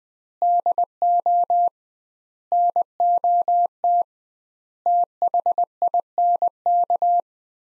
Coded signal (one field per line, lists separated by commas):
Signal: Morse code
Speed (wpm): 21 wpm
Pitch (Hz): 700 Hz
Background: none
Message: DO NOT THINK